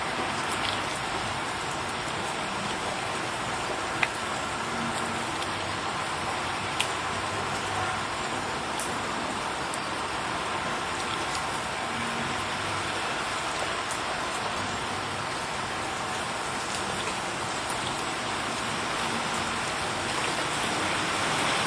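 Rain falls steadily in a small village, a dense, even hiss that stays at the same level for the whole stretch. A few sharper drips tick out now and then, with a couple of louder ones near four and seven seconds, over a faint low murmur beneath.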